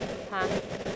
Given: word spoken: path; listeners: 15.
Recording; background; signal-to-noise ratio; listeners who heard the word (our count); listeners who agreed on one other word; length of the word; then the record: one English word in noise, from a listening test; noise modulated by three-talker babble; -3.2 dB; 2 of 15; 7 of 15; 0.56 s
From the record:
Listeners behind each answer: 7, 2, 2, 1, 1, 1, 1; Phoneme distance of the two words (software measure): 20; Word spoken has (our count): 1 syllable, 3 phonemes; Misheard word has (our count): 1 syllable, 3 phonemes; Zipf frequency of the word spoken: 4.48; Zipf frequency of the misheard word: 4.62